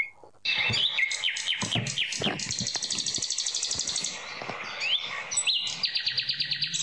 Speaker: Este es el canto del ruiseñor. Qué lindo canta, ¿no?